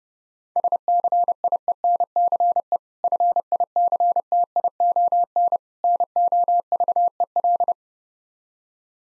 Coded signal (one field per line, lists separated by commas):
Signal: Morse code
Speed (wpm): 32 wpm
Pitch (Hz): 700 Hz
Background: none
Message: SCIENCE FICTION NOVEL